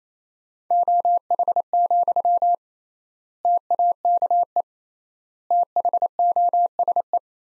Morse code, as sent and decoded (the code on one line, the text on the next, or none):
--- .... --..-- / - .- -.- . / - .... --- ... .
OH, TAKE THOSE